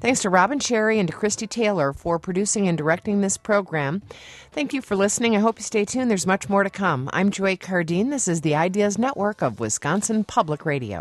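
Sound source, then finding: Adult female radio host. Typical speech.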